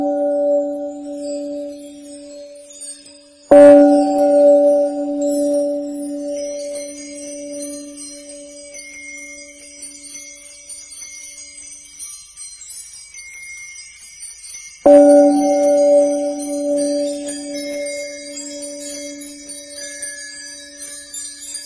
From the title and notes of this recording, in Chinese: 西藏颂钵声。